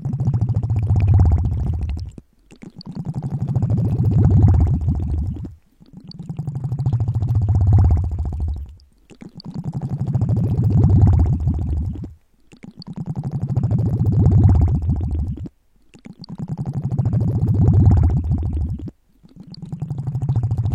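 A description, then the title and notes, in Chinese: A syringe draws in water in repeated strokes, each lasting about three seconds and separated by brief silences, six times at a steady pace. Each pull is a low, gurgling, bubbly suck that swells and fades, with a faint hiss above it. 注射器吸水的声音。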